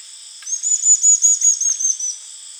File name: Rio Madeira stipplethroat